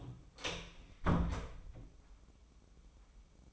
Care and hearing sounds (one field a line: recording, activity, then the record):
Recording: daily activity, microphone in the room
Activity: close door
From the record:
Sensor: 1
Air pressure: 996.2 hPa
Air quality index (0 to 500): 33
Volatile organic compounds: 1 ppm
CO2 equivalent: 616 ppm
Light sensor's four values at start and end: 14/33/14/16 and 14/33/14/16